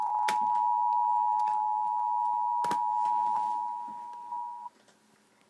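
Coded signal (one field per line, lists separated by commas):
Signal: Emergency Alert System (SAME) tones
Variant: 853 and 960 Hz attention tone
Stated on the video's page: Mock Emergency Alert System alert, fake EAS made for a real hurricane.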